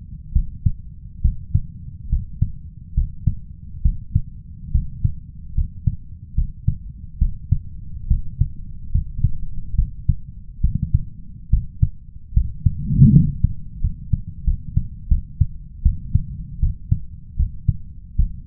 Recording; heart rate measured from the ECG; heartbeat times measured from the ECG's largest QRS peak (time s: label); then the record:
heart sounds by stethoscope; 74 bpm
0.32 s: heartbeat
1.21 s: heartbeat
2.09 s: heartbeat
2.94 s: heartbeat
3.82 s: heartbeat
4.71 s: heartbeat
5.54 s: heartbeat
6.35 s: heartbeat
7.18 s: heartbeat
8.07 s: heartbeat
8.92 s: heartbeat
9.75 s: heartbeat
10.61 s: heartbeat
11.50 s: heartbeat
12.33 s: heartbeat
13.12 s: heartbeat
13.81 s: heartbeat
14.44 s: heartbeat
15.08 s: heartbeat
15.82 s: heartbeat
16.60 s: heartbeat
17.36 s: heartbeat
18.16 s: heartbeat
From the record:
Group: healthy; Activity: rest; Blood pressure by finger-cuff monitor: 96/64 mmHg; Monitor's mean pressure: 73 mmHg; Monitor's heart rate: 71 bpm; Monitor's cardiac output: 5.4 L/min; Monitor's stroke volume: 76 mL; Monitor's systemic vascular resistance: 970 dyn s/cm5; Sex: male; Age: 21 years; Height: 170 cm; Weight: 71 kg